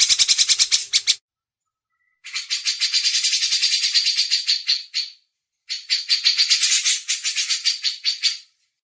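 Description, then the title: Grey-cheeked bulbul in scratchy, rapid-fire chatter, a short burst followed by two longer runs of buzzy pulsed notes with brief gaps. Masteran tutor used as training audio. "MASTERAN CUCAK JENGGOT"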